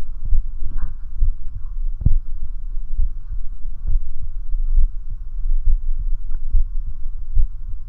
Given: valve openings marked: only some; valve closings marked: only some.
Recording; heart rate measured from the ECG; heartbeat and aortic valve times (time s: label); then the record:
heart sounds by stethoscope; 68 bpm
0.33 s: heartbeat (ECG mark)
0.38 s: aortic valve opens (echo mark)
0.66 s: aortic valve closes (echo mark)
1.24 s: heartbeat (ECG mark)
1.29 s: aortic valve opens (echo mark)
1.57 s: aortic valve closes (echo mark)
2.11 s: heartbeat (ECG mark)
2.17 s: aortic valve opens (echo mark)
3.00 s: heartbeat (ECG mark)
3.06 s: aortic valve opens (echo mark)
3.32 s: aortic valve closes (echo mark)
3.91 s: heartbeat (ECG mark)
3.96 s: aortic valve opens (echo mark)
4.25 s: aortic valve closes (echo mark)
4.79 s: heartbeat (ECG mark)
4.84 s: aortic valve opens (echo mark)
5.12 s: aortic valve closes (echo mark)
5.68 s: heartbeat (ECG mark)
5.74 s: aortic valve opens (echo mark)
6.00 s: aortic valve closes (echo mark)
6.56 s: heartbeat (ECG mark)
6.61 s: aortic valve opens (echo mark)
6.87 s: aortic valve closes (echo mark)
7.38 s: heartbeat (ECG mark)
From the record:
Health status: healthy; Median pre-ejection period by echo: 55 ms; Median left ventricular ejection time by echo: 275 ms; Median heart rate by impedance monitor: 68 bpm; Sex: male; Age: 40 years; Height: 179 cm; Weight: 76 kg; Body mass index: 23.72